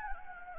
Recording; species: mosquito wingbeat signal from an infrared sensor; Anopheles gambiae